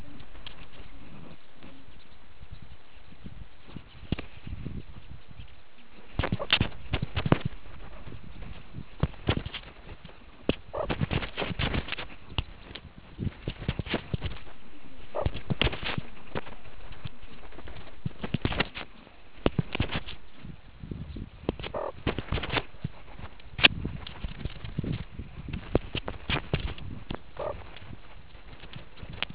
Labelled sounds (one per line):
meerkat close call